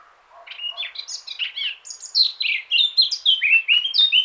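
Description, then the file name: Eurasian blackcap song starting softly with low scratchy notes, building into a loud series of clear, evenly repeated fluty whistles. "Sylvia atricapilla"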